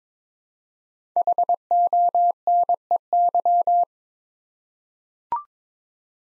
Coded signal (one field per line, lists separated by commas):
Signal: Morse code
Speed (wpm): 22 wpm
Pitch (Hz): 700 Hz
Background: none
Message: HONEY